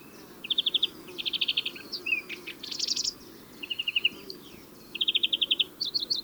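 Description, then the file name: European greenfinch: finch-like twittering of fast trills and chirps in short bursts, with a buzzier note midway. "Chloris chloris"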